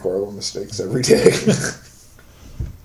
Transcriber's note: laughter